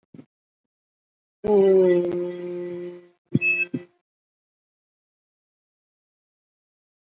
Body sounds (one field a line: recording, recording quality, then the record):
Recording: sustained vowel as in boot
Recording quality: excellent, no background noise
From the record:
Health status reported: COVID-19 positive, moderate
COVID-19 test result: positive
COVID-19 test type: RT-PCR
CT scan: taken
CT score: 1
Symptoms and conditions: breathing difficulty, hypertension, diabetes, ischaemic heart disease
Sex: male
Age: 40 years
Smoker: no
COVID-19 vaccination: both doses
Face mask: not worn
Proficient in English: no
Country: India